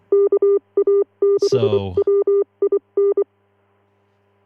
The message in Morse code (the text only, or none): KA6WIN